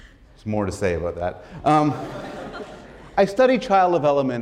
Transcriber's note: laughter